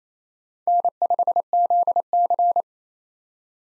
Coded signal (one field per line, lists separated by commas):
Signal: Morse code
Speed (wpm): 28 wpm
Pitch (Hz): 700 Hz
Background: none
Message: N5ZC